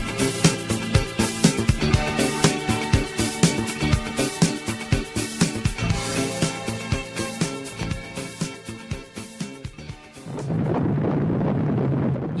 The sound of the heartbeat of an unborn baby just 28 days after conception.